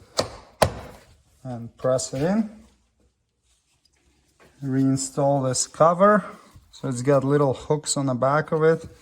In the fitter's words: plug it in until it clicks